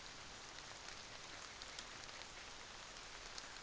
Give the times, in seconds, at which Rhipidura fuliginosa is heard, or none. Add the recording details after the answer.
none. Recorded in New Zealand on 24 December 2018. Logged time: 06:00